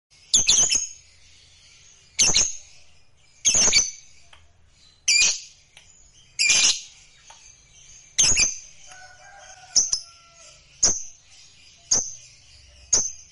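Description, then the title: Lovebird squawks: harsh, high bursts at uneven intervals, later giving way to shorter sharp chirps. Lovebird sound used to stimulate a lazy, quiet lovebird into eager, spontaneous singing. "LOVEBIRD Malas Bunyi JADI GREGET SPONTAN Langsung NARIK"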